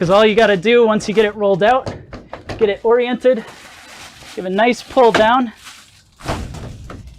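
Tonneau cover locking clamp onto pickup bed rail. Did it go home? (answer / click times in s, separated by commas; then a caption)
yes / 6.9 s. Someone talks while a YITAMOTOR soft roll-up vinyl tonneau cover for a 2015-2022 Chevy Colorado/GMC Canyon is rolled out and pulled down at the tailgate end. A duller thud at 6.2 s is followed by a sharp click at 6.9 s as its locking clamp snaps onto the aluminium pickup bed rail. The cover is locked into place.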